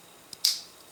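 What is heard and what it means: A second identical plastic clip piece is snapped into a brick connection while building the 2023 LEGO Monkie Kid Yellow Tusk Elephant set 80043. A faint tick comes at 0.3 s, then a sharp, bright snap at 0.5 s that fades quickly. The clip seats firmly, and this snap is easier to hear than the first.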